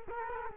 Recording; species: mosquito wingbeat signal from an infrared sensor; Culex quinquefasciatus